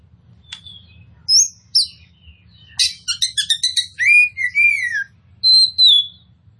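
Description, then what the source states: Oriental magpie-robin song in sparse phrases: a few clear whistles, then a quick burst of chattering notes and downslurred whistles, followed by a long pure whistle. Indonesian kacer poci type of the bird, described as gacor, actively and vigorously singing.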